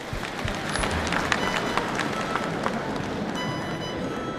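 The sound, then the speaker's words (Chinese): A crowd applauds steadily to welcome veteran pingju opera performer Hua Shulan at the opening ceremony of a pingju festival in Tangshan, a dense wash of many hands clapping at a fairly even loudness throughout, with no voices over it. “观众朋友们，老一辈评剧表演艺术家、久负盛名的花派创始人花淑兰老师也来到了我们开幕式的现场，掌声有请。”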